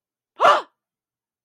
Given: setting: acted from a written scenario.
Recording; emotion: vocal sound without words; negative surprise